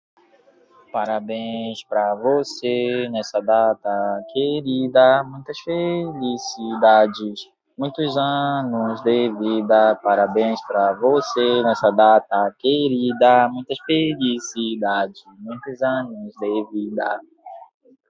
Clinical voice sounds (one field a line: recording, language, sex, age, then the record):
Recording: short text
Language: Brazilian Portuguese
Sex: male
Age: 20 to 29 years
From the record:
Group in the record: control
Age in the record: 22 years